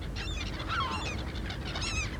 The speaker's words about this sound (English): It's Kay's nest. Kay ist doch ein Papagei. Yes, Kay is a parrot. And Kay does what birds do. Kay tut, was Vögel tun.